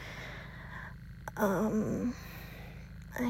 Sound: Real Orgasm x 2